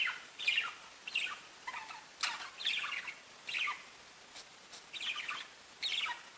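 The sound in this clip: Budgerigar calls, short chirping bursts and squawks separated by brief pauses, over a hissy background.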